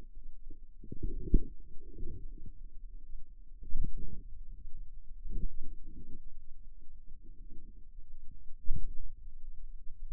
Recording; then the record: forearm muscle sounds (acoustic myography)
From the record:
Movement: pen grasping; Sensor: system 2, bracelet of six BSWA MPA416 microphones around the upper forearm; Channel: 3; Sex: female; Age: 23 years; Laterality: right